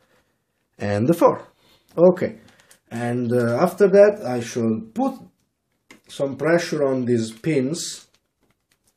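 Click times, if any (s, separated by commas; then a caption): none. The plastic push pins of a CPU cooler sit in the motherboard mounting holes of a thin ITX system being installed into an Antec ISK-110 case, with pressure about to be put on them to lock them in. Someone talks for most of the clip, with a short sharp tap near 5.9 s and a few faint ticks at the very end. Nothing has seated or clicked yet.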